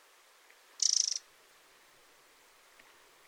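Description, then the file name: Eurasian wren giving one short, rapid, high-pitched rattling call of several ticks, under half a second long, then quiet background. "Troglodytes troglodytes"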